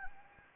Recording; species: mosquito wingbeat signal from an infrared sensor; Anopheles arabiensis